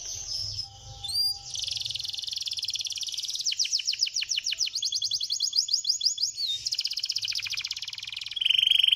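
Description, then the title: Bird song, nearly continuous: dense high buzzy trills alternating with runs of rapid downward sweeps, a short whistled note early and a louder trill at the end. "Kicau Burung"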